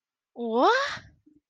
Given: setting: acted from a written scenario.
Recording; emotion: vocal sound without words; negative surprise